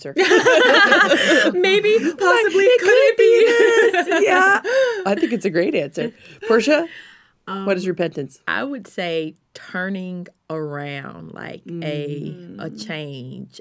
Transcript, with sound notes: Maybe, possibly, could it be? (laughter)
I think it’s a great answer. Portia? What is repentance?
I would say, “turning around,” like a change;